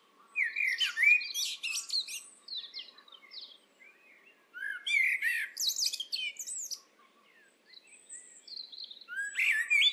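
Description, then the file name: Eurasian blackbird song: varied whistled and twittering phrases in bursts, with high squeaky notes and pauses between phrases. "Turdus merula"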